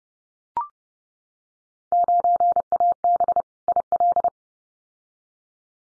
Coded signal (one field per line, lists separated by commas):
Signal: Morse code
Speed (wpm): 30 wpm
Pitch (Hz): 700 Hz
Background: none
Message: 9AB IL